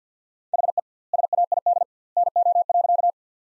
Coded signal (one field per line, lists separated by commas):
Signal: Morse code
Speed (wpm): 51 wpm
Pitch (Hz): 700 Hz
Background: none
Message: HE SAID NO.